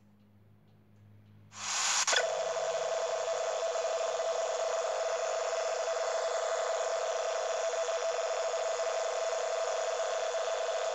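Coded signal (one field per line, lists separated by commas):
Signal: NAVTEX (SITOR-B)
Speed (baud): 100 baud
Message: CES AND COAST GUARD COMMAND LISTEN TO VHF CHANNEL 16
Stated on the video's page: 518 kHz NAVTEX broadcast received with an octagonal loop antenna and RTL-SDR.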